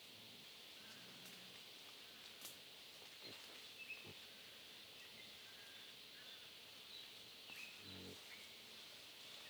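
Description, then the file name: Wild boar grunting softly a few times, with scattered clicks over a constant high insect drone. Family of wild boar feeding on acorns, Huairou District, 11 August 2022, 07:13. "2022-08-11-0713-Wild-Boar-family-feeding-on-acorns-Huairou-District"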